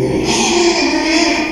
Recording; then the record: squeal of a Yucatan mini pig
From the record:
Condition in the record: after surgery on the right vocal fold (resection and tissue-engineered implant); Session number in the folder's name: 2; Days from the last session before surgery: 13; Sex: male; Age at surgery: 12 weeks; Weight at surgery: 13 kg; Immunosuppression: cyclosporine, prednisolone